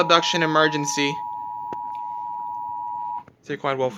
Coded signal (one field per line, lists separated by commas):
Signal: Emergency Alert System (SAME) tones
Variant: 853 and 960 Hz attention tone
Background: speech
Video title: EAS Child Abduction Emergency caught on camera (EAS #17)